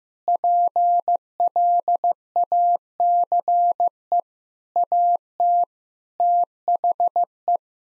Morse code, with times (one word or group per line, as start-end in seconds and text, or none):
0.3-4.2 PLACE
4.8-5.6 AT
6.2-7.6 THE